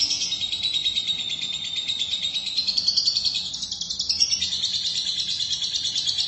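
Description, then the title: Lovebird song, a continuous high buzzy chatter of rapid pulsed notes that wavers in pitch throughout. "Suara Burung Lovebird"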